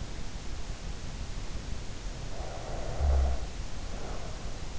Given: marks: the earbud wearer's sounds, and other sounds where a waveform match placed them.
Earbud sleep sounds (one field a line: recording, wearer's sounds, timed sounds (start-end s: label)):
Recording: sounds in sleep by an in-ear microphone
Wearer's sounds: snoring breath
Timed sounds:
2.09-4.44 s: snoring breath